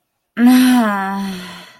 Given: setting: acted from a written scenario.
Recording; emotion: vocal sound without words; disappointment